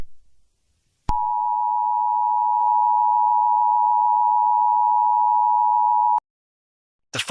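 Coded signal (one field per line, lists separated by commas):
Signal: Emergency Alert System (SAME) tones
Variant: 853 and 960 Hz attention tone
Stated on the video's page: Fictional EAS scenario, not a real alert.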